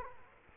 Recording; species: mosquito wingbeat signal from an infrared sensor; Culex quinquefasciatus